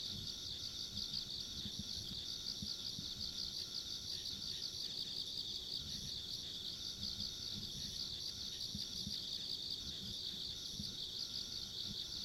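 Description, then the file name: Insect trilling fills the recording, a high continuous buzz with soft low rustle in the background. Ambient insect sounds along a rural country road. "田舎道の虫の環境音"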